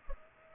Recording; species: mosquito wingbeat signal from an infrared sensor; Culex pipiens